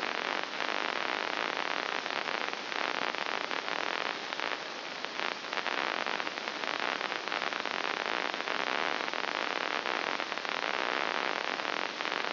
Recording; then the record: brain microelectrode recording played as sound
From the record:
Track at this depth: inside the subthalamic nucleus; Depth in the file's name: 3.167 mm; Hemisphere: left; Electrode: 2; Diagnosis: Parkinson's disease